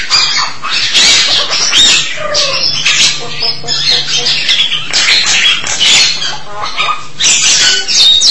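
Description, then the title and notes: Starling chattering steadily with grating, squeaky notes and brief whistles over a faint low hum. "suara burung jalak"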